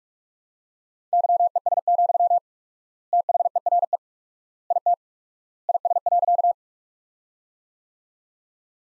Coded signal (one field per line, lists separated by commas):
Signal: Morse code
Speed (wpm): 43 wpm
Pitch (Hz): 700 Hz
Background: none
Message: YES, THERE IT IS.